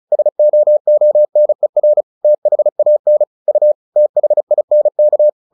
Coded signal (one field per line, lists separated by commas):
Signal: Morse code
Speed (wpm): 36 wpm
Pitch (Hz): 600 Hz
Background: none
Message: SOONER THAN U THINK